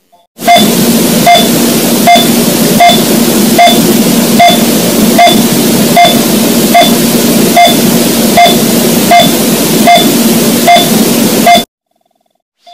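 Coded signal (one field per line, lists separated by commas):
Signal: none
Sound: heartbeat monitor sound effect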